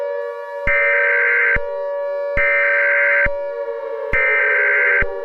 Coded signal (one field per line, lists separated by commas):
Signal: Emergency Alert System (SAME) tones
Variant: header bursts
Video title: EAS Scenario #24: Mickey Error III The Next Chapter